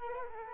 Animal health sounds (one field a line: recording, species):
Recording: mosquito wingbeat signal from an infrared sensor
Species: Culex quinquefasciatus